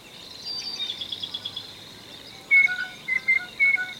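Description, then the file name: Blue jay giving clear whistled notes in a short series of about four phrases during the last seconds, over a constant background of high, twittering songbird chatter. "SOJKA GOLUBAYA"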